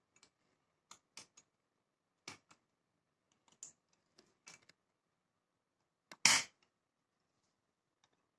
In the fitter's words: Pastikan sahabat-sahabat seklip ini masuk sampai bunyi tek.